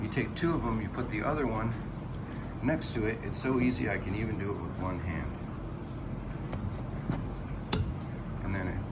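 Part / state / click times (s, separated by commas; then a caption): plastic shelf sleeve clip on steel shelving pole groove / seated / 7.7 s. Someone talks while a plastic clip sleeve is pressed onto a steel wire-shelving pole. At 7.7 s a sharp pop sounds as the sleeve locks into one of the pole's grooves, showing it is seated in the right place.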